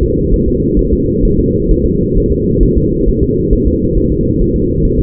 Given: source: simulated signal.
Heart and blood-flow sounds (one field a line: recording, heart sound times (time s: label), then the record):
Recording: fetal heart sounds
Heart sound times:
0.03 s: S2
0.34 s: S1
0.48 s: S2
0.79 s: S1
0.93 s: S2
1.25 s: S1
1.39 s: S2
1.71 s: S1
1.86 s: S2
2.17 s: S1
2.32 s: S2
2.63 s: S1
2.78 s: S2
3.08 s: S1
3.23 s: S2
3.53 s: S1
3.67 s: S2
3.97 s: S1
4.12 s: S2
4.41 s: S1
4.56 s: S2
4.85 s: S1
5.00 s: S2
From the record:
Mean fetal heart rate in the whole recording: 135 bpm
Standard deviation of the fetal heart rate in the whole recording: 3 bpm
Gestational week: 36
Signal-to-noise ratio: -10.2 dB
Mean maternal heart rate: 72 bpm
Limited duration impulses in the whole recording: present